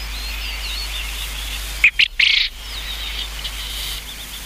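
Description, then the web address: Japanese quail giving a loud, harsh burst of three quick notes near the middle, over constant high chirping of other small birds. "sikioto. uzura"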